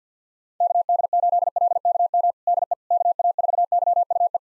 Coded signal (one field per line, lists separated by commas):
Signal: Morse code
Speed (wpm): 50 wpm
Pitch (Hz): 700 Hz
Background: none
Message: KD8LKM DE KA4YUE